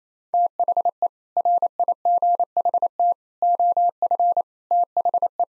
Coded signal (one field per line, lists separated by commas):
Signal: Morse code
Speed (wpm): 28 wpm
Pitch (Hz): 700 Hz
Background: none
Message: THE RIGHT OF THE